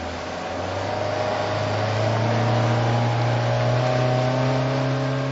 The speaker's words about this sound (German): fährt mit seinem Motorboot hinaus zu den Netzkäfigen.